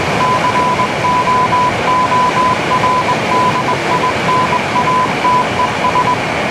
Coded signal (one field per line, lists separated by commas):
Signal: Morse code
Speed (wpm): 20 wpm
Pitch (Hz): 1000 Hz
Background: none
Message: COORDINATES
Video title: Battlefield 1 zeebrugge morsecode 1 | Shot with GeForce